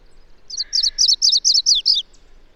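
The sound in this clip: Bird song of seven sharp, high twittering notes in an even row, each slurring downward, over a soft lower buzzing sound at the start.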